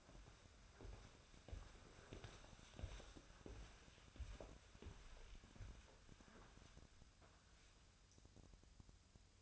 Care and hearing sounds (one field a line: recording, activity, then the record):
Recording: daily activity, microphone in the room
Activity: walk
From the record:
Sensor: 2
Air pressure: 1015.2 hPa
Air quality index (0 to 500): 121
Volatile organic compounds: 4 ppm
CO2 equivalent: 1547 ppm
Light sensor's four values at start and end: 12/33/13/14 and 12/34/13/15